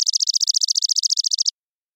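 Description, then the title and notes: Chipping sparrow singing a flat, rapid trill of uniform chips that stops abruptly after about one and a half seconds, then silence. Trilling song of a single bird, recorded with a parabolic microphone in the Pacific Northwest, Washington, United States; common in intermixed tree-grass open spaces. "Chipping Sparrow, Spizella passerina, trilling song, single species parabolic recording, single bird performance, natural pace, rhythm, & dynamics maintained, common voice of intermixed tree-grass open spaces Recorded in the beautiful Pacific Northwest, Washington, United States"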